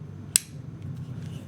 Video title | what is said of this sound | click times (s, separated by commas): 1914-1917 6.35 MM, .25ACP Mauser, "Pocket Pistol." | tilt it up put your finger on that little uh pin again that clip you'll hear it click | 0.4 s